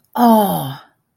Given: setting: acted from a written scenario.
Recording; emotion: vocal sound without words; awe